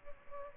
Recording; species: mosquito wingbeat signal from an infrared sensor; Aedes albopictus